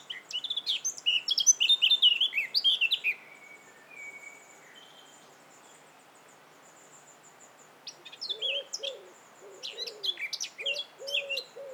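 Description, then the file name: Eurasian blackcap calling: a burst of high, sharp chirps and short warbled notes, a quiet pause, then sharp clicking notes return, with low notes below. "Sylvia atricapilla"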